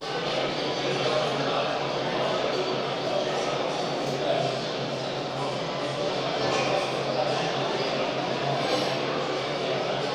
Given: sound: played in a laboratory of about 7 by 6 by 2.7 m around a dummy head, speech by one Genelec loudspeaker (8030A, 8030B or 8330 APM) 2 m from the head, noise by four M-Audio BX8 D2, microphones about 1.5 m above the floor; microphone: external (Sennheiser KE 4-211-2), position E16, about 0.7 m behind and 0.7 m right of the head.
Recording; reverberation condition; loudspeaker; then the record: cafeteria noise; high; four, about 170 cm from the corners of the room and facing them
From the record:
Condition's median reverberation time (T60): about 1300 ms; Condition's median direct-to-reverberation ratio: about -4.0 dB